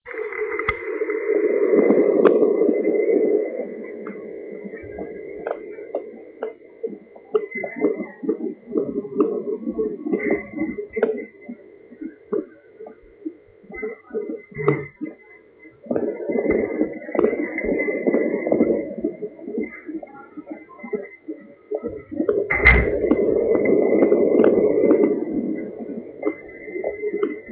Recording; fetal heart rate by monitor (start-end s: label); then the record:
fetal heart sounds by stethoscope on the mother's abdomen
0.00-10.00 s: 126 bpm
10.00-20.00 s: 132 bpm
20.00-27.52 s: 122 bpm
From the record:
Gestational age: 36 weeks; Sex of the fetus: boy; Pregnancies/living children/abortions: 1/0/0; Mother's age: 23 years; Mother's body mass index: 22.6